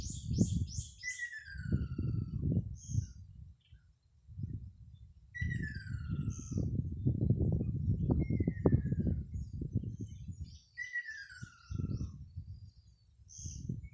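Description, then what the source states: Ruddy kingfisher calls: repeated descending trilled whistles, several in turn, against heavy low rumble, a constant high insect tone and scattered high chirps from other birds. Two birds calling.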